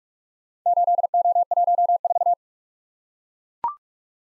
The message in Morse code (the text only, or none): 8O14